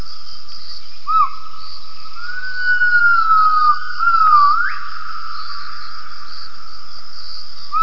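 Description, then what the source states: Gibbon giving whistled calls: short arched notes, a long level whistle, then a note that sweeps sharply upward, over a steady high hiss. Gibbon vocalizations for acoustic triangulation.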